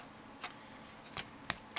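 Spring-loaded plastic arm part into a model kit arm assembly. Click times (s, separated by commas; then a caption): 1.5 s. A spring-loaded plastic arm part is slid into position in the arm assembly of a 1/100 Guntank model kit, with soft ticks near 0.4 s, 1.2 s and 1.8 s. A sharp, bright snap at 1.5 s marks the part seating in place.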